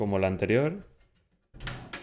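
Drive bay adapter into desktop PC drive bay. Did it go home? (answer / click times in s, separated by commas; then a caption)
yes / 1.7 s, 1.9 s. A 3.5-to-2.5 inch drive bay adapter holding an SSD is slid into a drive bay of an HP ProDesk 600 G1 TWR desktop PC case and pushed until it clicks home. Someone talks at the start, then after a brief quiet a sliding, scraping sound begins, with sharp clicks at 1.7 s and 1.9 s. The adapter is seated in the bay.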